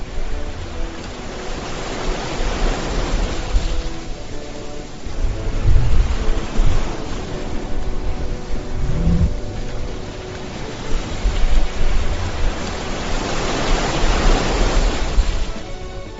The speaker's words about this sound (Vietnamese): Cơn giận khiến chân khí quanh người hắn tăng vọt, phập phồng bất ổn, nước biển xung quanh cũng theo đó mà trở sóng dữ, chấn động hơn trăm dặm.